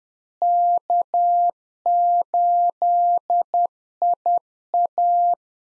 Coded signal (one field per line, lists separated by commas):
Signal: Morse code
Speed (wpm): 10 wpm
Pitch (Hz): 700 Hz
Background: none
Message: K8IA